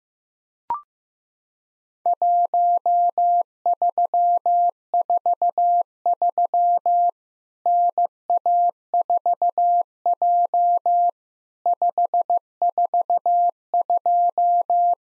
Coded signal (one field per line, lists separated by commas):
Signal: Morse code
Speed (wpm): 15 wpm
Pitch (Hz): 700 Hz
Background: none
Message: 1343 NA4J 542